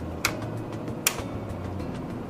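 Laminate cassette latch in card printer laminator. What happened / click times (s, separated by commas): The cassette latch clicked shut / 0.2 s, 1.1 s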